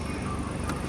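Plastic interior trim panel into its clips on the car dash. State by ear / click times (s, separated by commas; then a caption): seated / 0.7 s. During an AEM and AeroForce gauge install on a CTS-V, a plastic interior trim panel is pressed into its clips on the car dash over a steady broadband background noise. A single sharp snap at 0.7 s marks the panel popping into place, fully seated.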